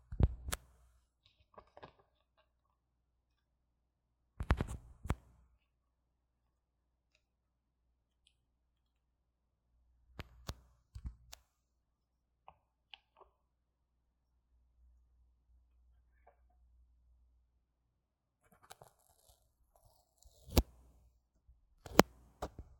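Someone handles and fiddles with a wired microphone, making sharp clicks, knocks and crunchy rustles. The noises come in scattered bursts, loudest near the start, around 4–5 seconds, 10–11 seconds and 19–22 seconds, with near silence and a faint low hum between them.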